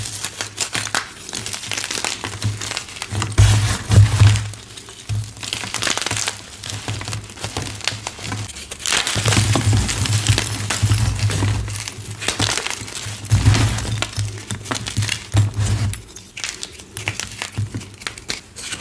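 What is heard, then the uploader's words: Blocks of dyed gym chalk and cornstarch are crushed in dense, crackling crunches, with a steady low hum swelling around four and ten seconds. Dyed Chalk Bombs Overload! Crushing dyed gym chalk blocks, carved chalk bombs, confetti explosion, glitter overload, cornstarch crunchies.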